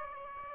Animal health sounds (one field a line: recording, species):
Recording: mosquito wingbeat signal from an infrared sensor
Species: Aedes aegypti